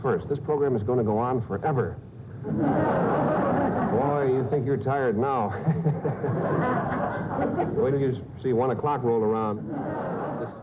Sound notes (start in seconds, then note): 2.4 soundbite of laughter; 5.4 soundbite of laughter